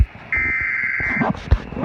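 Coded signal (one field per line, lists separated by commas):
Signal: Emergency Alert System (SAME) tones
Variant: header bursts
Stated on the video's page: Double flood warning alert.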